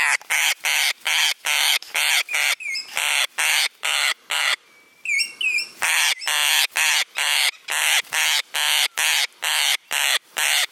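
Parrot squawks in a rapid run, about two per second, with a pause holding a few short whistles before the harsh calls resume.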